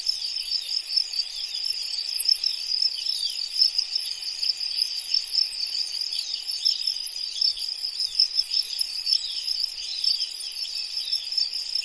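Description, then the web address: Crickets giving a steady, high-pitched, continuous trill with a fast pulsing texture throughout. "anasyn caracalla thesis H 01 crickets"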